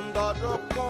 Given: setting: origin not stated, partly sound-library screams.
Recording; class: one-second piece from a danger detection set; normal situation